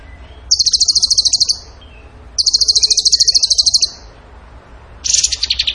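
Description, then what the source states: Bird delivering two rapid, very high pulsed trills, then starting a lower burst. Masteran (training recording) for song birds in the tembakan gacor song style.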